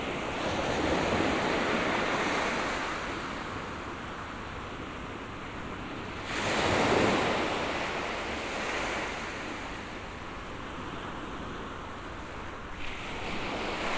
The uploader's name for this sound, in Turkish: Doğanın sesi: okyanus